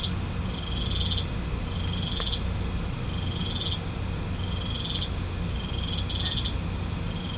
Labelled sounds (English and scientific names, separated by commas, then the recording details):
none
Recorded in pastures near Puerto Asís, Putumayo, Colombia, on 16 December 2024 at 18:30
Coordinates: 0.505, -76.324
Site G063